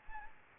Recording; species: mosquito wingbeat signal from an infrared sensor; Anopheles arabiensis